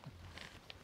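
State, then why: Seated. The hinged trapdoor breechblock of an 1873 single-shot rifle is rotated back down onto the receiver after a cartridge is loaded and pushed until it clicks shut. After softer handling sounds at 0.0 and 0.4 seconds, a sharp click comes at 0.7 seconds as the breechblock latches closed.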